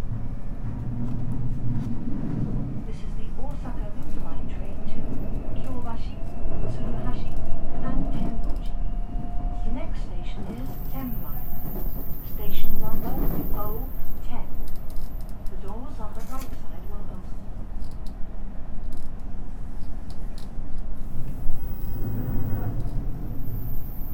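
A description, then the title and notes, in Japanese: A JR West 323 series local train on the Osaka Loop Line runs steadily with a dense, low rumble throughout. Voices rise and fall over the noise, bursts of chatter come around 3, 8, 13 and 17 seconds, and a thin high whine appears briefly near 11 seconds. JR西日本 323系 環状線外回り 大阪から鶴橋まで。JR西日本 323系電車の走行音です。大阪環状線外回りの普通列車で録音しました。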